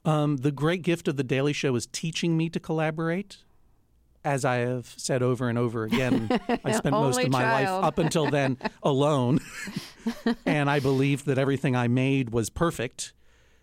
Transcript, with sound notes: The great gift of "The Daily Show" was teaching me to collaborate. As I have said over and over again...
(Laughter) Only child...
...I spent most of my life up until then alone. And I believed that everything I made was perfect.